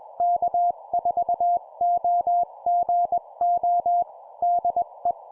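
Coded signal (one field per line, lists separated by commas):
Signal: Morse code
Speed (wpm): 21 wpm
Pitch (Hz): 700 Hz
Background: none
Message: K4OGO DE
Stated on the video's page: Sample 20 wpm CW CQ contact, a scripted demonstration of a typical exchange.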